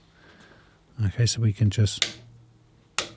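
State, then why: Torque reached. Someone talks while tightening a strut fastener on the front offside suspension of a 2007 Ford Focus Mk2 during a spring replacement, using a click-type torque wrench held at 90 degrees so it isn't effectively lengthened and over-tightened. At 3.0 s the wrench gives a single sharp click as it reaches the set torque, confirming the fastener is torqued.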